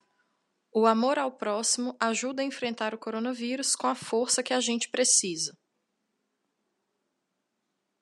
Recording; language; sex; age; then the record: spoken sentence; Brazilian Portuguese; female; 20 to 29 years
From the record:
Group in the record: control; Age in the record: 29 years